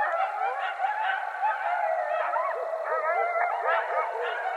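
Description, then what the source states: Coyotes in a yipping chorus, many wavering, bending notes overlapping, with short yips rising and falling throughout. Coyotes on 20 January 2012.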